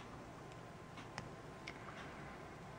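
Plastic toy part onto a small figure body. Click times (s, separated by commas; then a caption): 1.2 s, 1.7 s. A small plastic part of a Kinder Transformer toy is snapped onto the small figure's body. Two faint clicks sound at 1.2 s and 1.7 s over a quiet background, and the part is seated.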